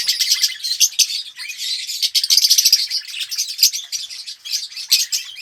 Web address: pevcii popugai. parrots psephotus-haematonotus